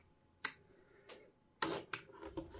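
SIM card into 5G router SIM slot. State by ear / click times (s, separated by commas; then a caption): not seated / none. A SIM card is pushed into the SIM slot of a 5G router, with the rubber cover already pulled off, and a few short sharp ticks are heard at about 0.5, 1.6, 1.9 and 2.4 s. The card has not clicked into the slot yet, so it is turned the other way around to try again.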